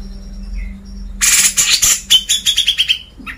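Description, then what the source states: Grey-cheeked bulbul song: a sudden harsh burst that breaks into a quick series of repeated buzzy notes. Masteran recording used to train cage birds.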